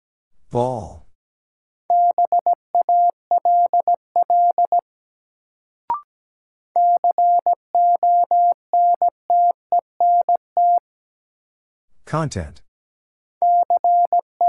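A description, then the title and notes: Morse code in a steady mid-pitched tone, quick dots and dashes sent in three runs, broken by two short rushing bursts and a click. Sentences from Top 900 Words - New Word Drill - 17wpm. First, the word is sent in Morse code. Then it is spoken.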